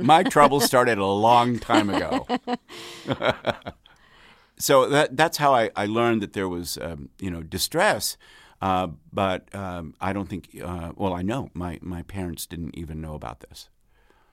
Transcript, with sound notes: my troubles started a long time ago.
(LAUGHTER)
So that's how I learned that there was, you know, distress. But I don't think - well, I know my parents didn't even know about this.